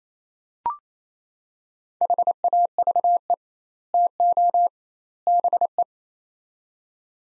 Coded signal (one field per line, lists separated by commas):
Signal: Morse code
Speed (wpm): 28 wpm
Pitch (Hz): 700 Hz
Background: none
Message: HAVE TO BE